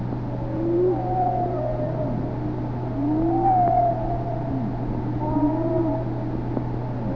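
Whale vocalizations: a series of gliding whistles and moaning tones rising and falling, layered over a continuous low drone.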